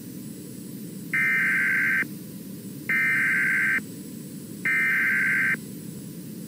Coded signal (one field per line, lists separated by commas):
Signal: Emergency Alert System (SAME) tones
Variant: header bursts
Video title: EAS 1370: The same flood warning relayed over WAHCIPTV